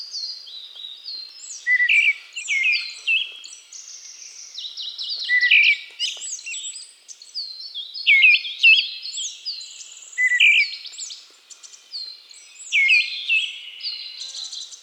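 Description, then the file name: Eyebrowed thrush calls: thin, high whistled notes, some sliding down and others rising, overlapping in a busy chorus of similar calls, with louder bursts every couple of seconds. "Eyebrowed Thrush Turdus obscurus"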